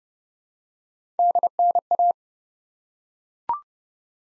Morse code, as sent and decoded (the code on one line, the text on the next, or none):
-.. -. .-
DNA